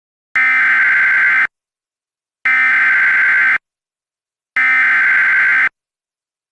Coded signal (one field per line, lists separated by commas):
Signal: Emergency Alert System (SAME) tones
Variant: header bursts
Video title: Eas severe thunderstorm warning template #4